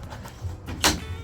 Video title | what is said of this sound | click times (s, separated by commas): How to install Roll Up Tonneau Cover on a Dodge Ram 1500 | That's clicked. | 0.8 s